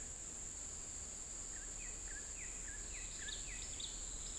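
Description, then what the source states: Bird making a run of brief chirps that slur downward, repeated several times per second, against constant hiss. Recorded in the US on 11 September 2021, around 11:04.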